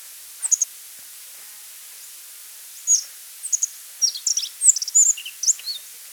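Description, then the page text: Rock bunting giving a brief high note pair, then a longer tumbling phrase of thin, slurred chirps, against a quiet hissing background. Song, in Pakistan. "Rock Bunting Song, Pak. Quick Sounds"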